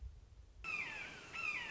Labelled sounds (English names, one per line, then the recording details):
Red-shouldered Hawk
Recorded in Sonoma County, California